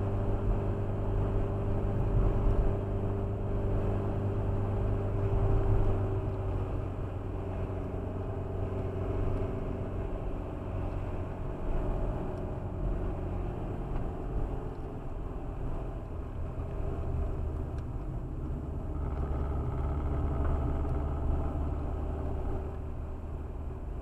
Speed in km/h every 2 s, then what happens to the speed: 59, 59, 59, 54, 58, 56, 53, 51, 44, 44, 47, 47.
0-9 steady at about 59. 9-16 slows to 44. 16-24 steady at about 44.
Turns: 14-20.